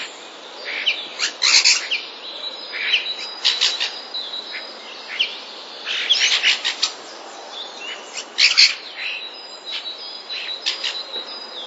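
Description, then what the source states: Common starling song, a busy stream of rattling clicks, chirps and short high notes coming in bursts every couple of seconds, with quiet hiss beneath. Starling song made of borrowings from passerine species.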